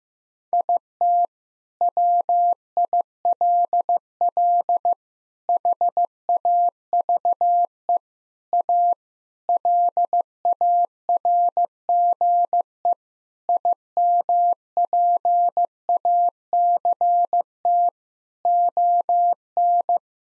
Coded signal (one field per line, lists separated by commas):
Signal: Morse code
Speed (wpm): 16 wpm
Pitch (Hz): 700 Hz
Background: none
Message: IT WILL HAVE A LARGE IMPACT ON